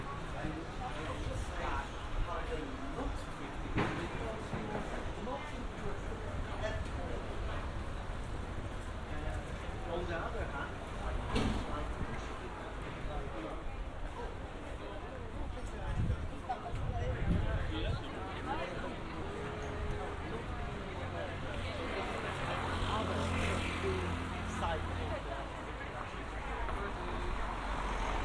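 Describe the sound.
A binaural field recording from Amsterdam: people talk over one another in a steady murmur of voices for the whole stretch, with no quiet gaps. A low rumble of passing traffic runs underneath, swelling near the middle and again in the last few seconds.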